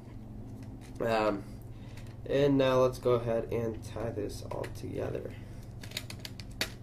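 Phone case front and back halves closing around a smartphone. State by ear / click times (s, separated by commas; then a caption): seated / 5.8 s, 6.0 s, 6.1 s, 6.2 s, 6.4 s, 6.6 s. The two plastic halves of a waterproof Lifeproof case are pressed together around an iPhone 4 while someone talks. A run of small clicks at 5.8, 6.0, 6.1, 6.3 and 6.4 seconds ends in a louder snap at 6.6 seconds. The case is seated, closed on each side.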